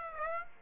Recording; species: mosquito wingbeat signal from an infrared sensor; Aedes aegypti